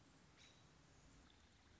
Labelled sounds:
American Robin
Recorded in Sonoma County, California

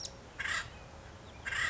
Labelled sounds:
Acorn Woodpecker
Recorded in Sonoma County, California

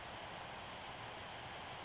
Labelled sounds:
Western Flycatcher
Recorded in Sonoma County, California

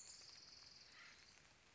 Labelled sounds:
Acorn Woodpecker
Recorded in Sonoma County, California

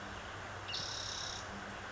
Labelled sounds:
Spotted Towhee
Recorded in Sonoma County, California

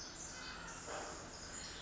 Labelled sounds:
Pacific Wren
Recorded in Sonoma County, California

